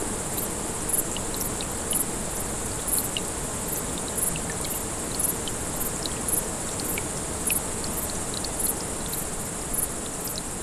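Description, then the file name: Grasshoppers keep up a steady series of brief high buzzes while a brook gurgles and drips throughout. Several grasshoppers beside a small brook, 6 August 2014, recorded on an MZ-N 710. "MZ-N 710 Ruisselet et sauterelles 6 08 14"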